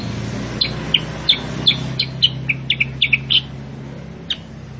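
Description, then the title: Sooty-headed bulbul uttering a quick run of about a dozen sharp, high chip notes in an irregular burst, with one last chip after a pause, over a low hum. Masteran training recording for caged birds, presented as a lure (pancingan) to make kutilang sutra very chatty (gacor) with a sharp, spicy voice (suara pedas). "Masteran Kutilang Sutra. PANCINGAN AMPUH KUTILANG SUTRA SUPER GACOR SUARA PEDAS"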